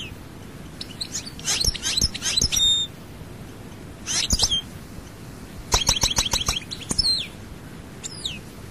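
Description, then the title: European goldfinch twittering song in short bursts: quick sharp chips and bright slurred notes, separated by brief pauses. "Chant Chardonneret"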